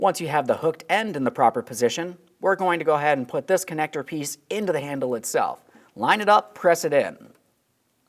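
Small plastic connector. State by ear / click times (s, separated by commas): not seated / none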